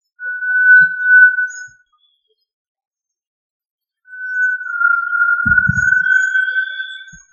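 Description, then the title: Tinamou whistle call: two long, pure, steady whistles. The second is longer and dips slightly, coming after a silent pause. A brief low thump is heard during the second whistle. "Familia Tinamidae - Quail - Puyuh"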